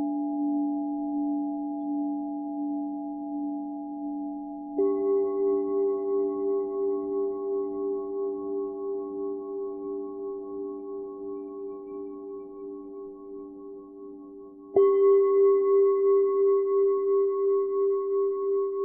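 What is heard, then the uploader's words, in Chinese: A singing bowl rings with a low, steady hum and a few clear higher tones above it. Fresh strikes land at about five seconds and again near fifteen, each adding a brighter ring that slowly fades. The sound pulses gently as it sustains. 颂钵治疗音乐。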